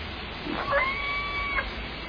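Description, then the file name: Orca call: a level harmonic tone held for nearly a second, with brief rising and falling edges, over background noise. Recorded at Limekiln on 11 June 2014, late evening around 22:46. "2014 06 11 22 46 25 Orca limekiln"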